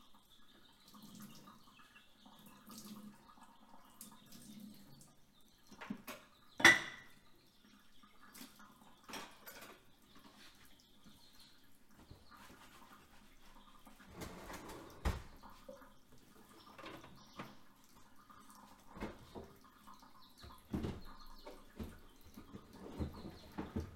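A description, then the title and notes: Dishes are washed at a sink in a quiet room, with soft splashing, scattered clinks and knocks, and a sharp clatter near seven seconds. Evening Dishes and Kitchen Redding. Washing dishes, running water, cupboards and drawers opening and closing in a quiet house as I redd up the kitchen for the next day.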